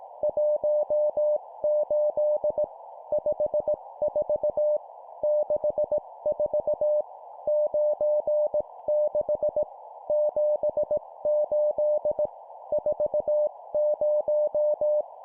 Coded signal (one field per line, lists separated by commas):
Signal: Morse code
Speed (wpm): 18 wpm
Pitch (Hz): 600 Hz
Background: none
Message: 18 54 64 96 78 40